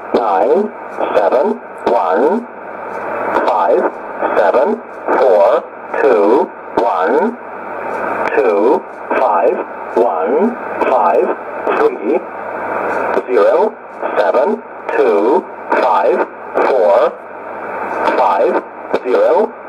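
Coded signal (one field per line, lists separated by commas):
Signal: numbers station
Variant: E07a, English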